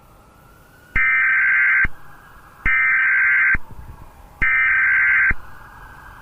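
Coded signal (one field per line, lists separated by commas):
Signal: Emergency Alert System (SAME) tones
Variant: header bursts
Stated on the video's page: Fictional zombie-apocalypse EAS scenario with altered Emergency Alert System tones.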